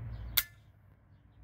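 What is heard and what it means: A finger pushes a small decocking lever forward inside the slide of a B&W S45 air pistol, with the magazine in and the bolt in position. A single sharp metallic click at 0.4 s releases the hammer, leaving the pistol decocked, followed by quiet low rumble.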